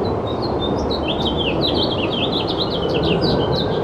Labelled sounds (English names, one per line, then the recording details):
House Finch song
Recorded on Long Island, New York, on 2 June 2012
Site CP
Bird E